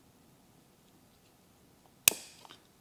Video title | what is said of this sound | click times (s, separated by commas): Project Five-0 How to Add Radio Thumb Controls to a Harley Davidson Electra Glide Police Motorcycle | and we're snap back in | 2.1 s